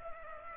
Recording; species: mosquito wingbeat signal from an infrared sensor; Culex pipiens